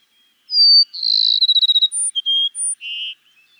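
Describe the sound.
Cassin's sparrow song: a high whistled note, then a fast buzzy trill, several short sharp notes and a lower buzzy final note, all in under three seconds.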